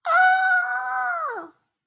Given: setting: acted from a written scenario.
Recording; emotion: vocal sound without words; positive surprise